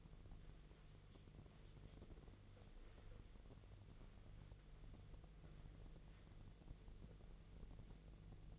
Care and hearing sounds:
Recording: daily activity, microphone in the room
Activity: wipe stove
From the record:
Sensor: 4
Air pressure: 1001.3 hPa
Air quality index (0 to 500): 186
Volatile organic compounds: 3 ppm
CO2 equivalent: 1326 ppm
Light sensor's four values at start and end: 13/30/12/13 and 13/30/12/13

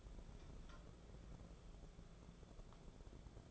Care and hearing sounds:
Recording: daily activity, microphone in the room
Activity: take from stove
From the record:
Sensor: 5

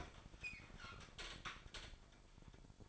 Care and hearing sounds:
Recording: daily activity, microphone in the room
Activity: open fridge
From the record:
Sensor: 5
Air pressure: 1007.9 hPa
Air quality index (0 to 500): 92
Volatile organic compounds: 1 ppm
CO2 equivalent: 722 ppm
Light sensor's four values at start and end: 39/89/37/38 and 40/90/38/39

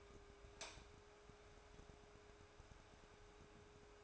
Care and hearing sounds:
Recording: daily activity, microphone in the room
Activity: light off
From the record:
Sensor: 2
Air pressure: 1010.1 hPa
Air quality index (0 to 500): 160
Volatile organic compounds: 7 ppm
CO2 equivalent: 2004 ppm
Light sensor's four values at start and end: 45/112/49/54 and 40/96/43/48

